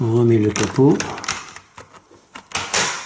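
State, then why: Seated. Someone talks while refitting the plastic cover over the roller on the head of a Kärcher FCV 3 cordless wet-dry floor cleaner, with a few small handling knocks and clicks as it is pressed down. The cover snaps into place with a clear click at 2.8 s, and it is seated.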